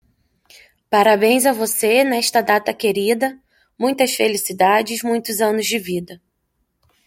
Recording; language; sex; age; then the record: short text; Brazilian Portuguese; female; 20 to 29 years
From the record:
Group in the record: control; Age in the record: 27 years